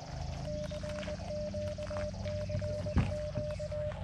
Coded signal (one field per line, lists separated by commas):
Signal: Morse code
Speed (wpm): 20 wpm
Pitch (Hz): 600 Hz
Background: none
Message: CQCQ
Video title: POTA Park Qualification: The Struggle to Reach 10 Contacts